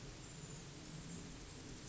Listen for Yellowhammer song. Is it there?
no